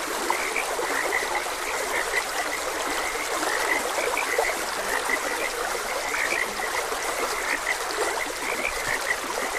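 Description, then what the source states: Steady frog chorus of small high chirps, blended with the wash of a flowing stream. Frogs croaking beside a gentle stream.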